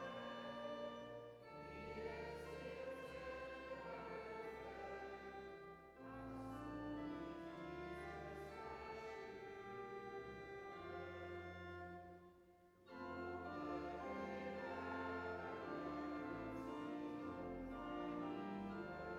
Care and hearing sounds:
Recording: everyday scene through a hearing-aid microphone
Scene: reverberant space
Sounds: music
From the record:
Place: church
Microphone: behind the ear, left, front

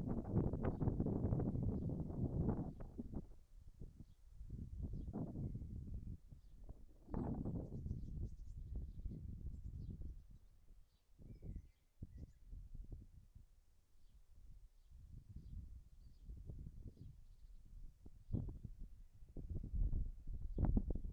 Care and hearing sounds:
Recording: everyday scene through a hearing-aid microphone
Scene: wind on the microphone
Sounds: wind, whistling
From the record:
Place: in front of a rural house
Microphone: behind the ear, left, front

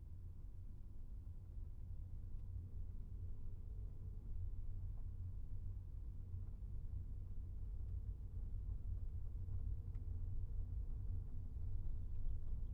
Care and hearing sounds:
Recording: everyday scene through a hearing-aid microphone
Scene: in a vehicle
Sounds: engine, rumble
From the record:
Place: Skoda Fabia, gasoline engine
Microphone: behind the ear, right, front

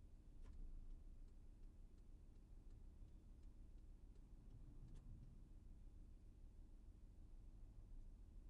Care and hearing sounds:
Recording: everyday scene through a hearing-aid microphone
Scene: in a vehicle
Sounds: engine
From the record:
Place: VW T5 Caravelle, diesel engine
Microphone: behind the ear, left, front

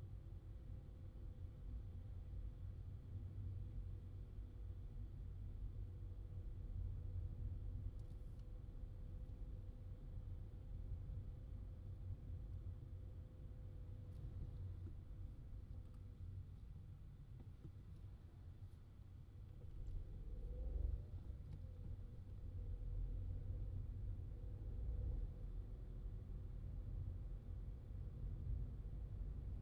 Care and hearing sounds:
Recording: everyday scene through a hearing-aid microphone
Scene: in a vehicle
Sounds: engine, traffic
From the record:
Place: Skoda Fabia, gasoline engine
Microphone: in the ear canal, left

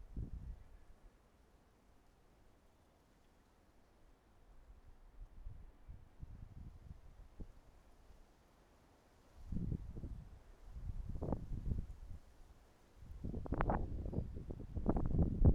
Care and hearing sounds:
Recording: everyday scene through a hearing-aid microphone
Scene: wind on the microphone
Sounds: wind, traffic, birds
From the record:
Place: suburban garden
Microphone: behind the ear, right, front

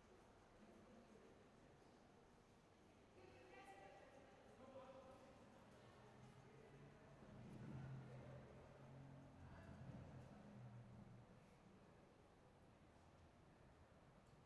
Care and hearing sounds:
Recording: everyday scene through a hearing-aid microphone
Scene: reverberant space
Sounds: background noise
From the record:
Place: railway station hall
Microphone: behind the ear, right, front

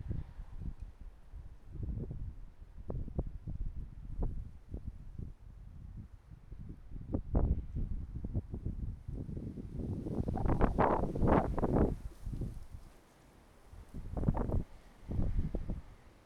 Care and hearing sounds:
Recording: everyday scene through a hearing-aid microphone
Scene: wind on the microphone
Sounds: wind, traffic, birds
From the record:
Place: suburban garden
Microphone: behind the ear, right, rear

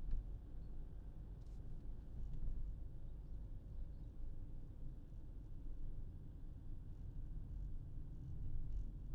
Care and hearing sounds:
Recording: everyday scene through a hearing-aid microphone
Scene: in a vehicle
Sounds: engine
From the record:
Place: Berlingo II, diesel engine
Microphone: in the ear canal, left

